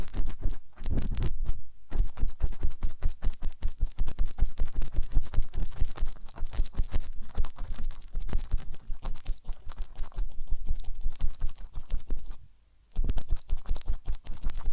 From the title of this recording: Massage, Ear Cleaning and Spa